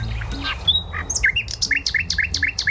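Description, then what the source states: Common Nightingale song, a rapid series of sharp repeated notes with rising whistles at a steady beat after a brief opening flourish, with a faint low background rumble. Played as a quiz example in a bird top-ten ranking; first guessed as a sparrow, then identified as a nightingale, ranked second.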